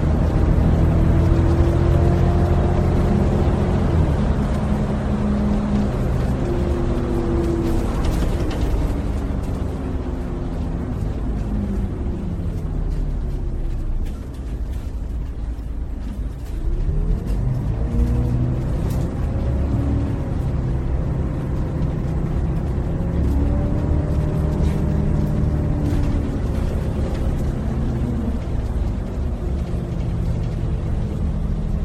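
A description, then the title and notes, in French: Inside a moving bus, a loud steady low rumble fills the cabin. The engine's tone sweeps up and down as the bus speeds up and slows, dipping lowest around the middle before climbing again, with occasional rattles and clunks on top. Intérieur d'un bus qui roule.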